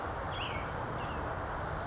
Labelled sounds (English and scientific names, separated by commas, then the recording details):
California Towhee (Melozone crissalis)
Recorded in Sonoma County, California